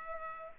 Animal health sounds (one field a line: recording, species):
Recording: mosquito wingbeat signal from an infrared sensor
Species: Culex pipiens